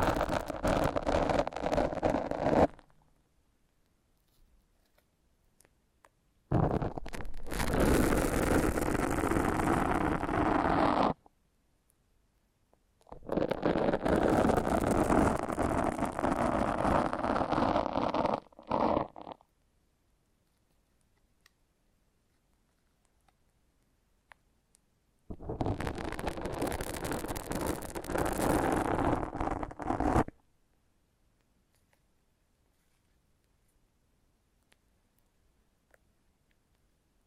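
Foam being massaged in four separate bursts of dense, squishy, crackling friction, each lasting about four to six seconds, starting near 0, 7, 13 and 25 seconds. The rubbing is thick and full, running from low to bright, with near-silence between the bursts.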